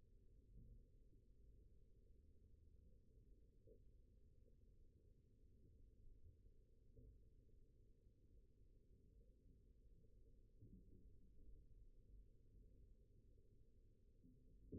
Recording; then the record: forearm muscle sounds (acoustic myography)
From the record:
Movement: rest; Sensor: system 1, eight BSWA MPA416 microphones around the upper forearm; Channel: 5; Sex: male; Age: 20 years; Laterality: left